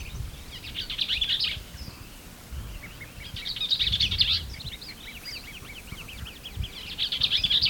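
Bell's vireo song of hurried, twittering, scratchy phrases, three in this stretch, over soft background noise.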